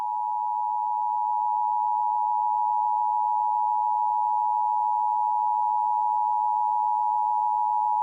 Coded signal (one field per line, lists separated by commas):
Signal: Emergency Alert System (SAME) tones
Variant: 853 and 960 Hz attention tone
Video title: 10/21/2017 EAS Required Monthly Test - Los Angeles, California(MOCK VERSION)(EAS #7)